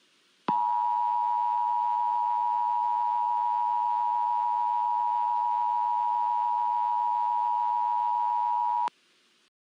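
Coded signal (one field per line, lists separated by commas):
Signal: Emergency Alert System (SAME) tones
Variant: 853 and 960 Hz attention tone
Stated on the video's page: EAS alert that interrupted a children's TV show.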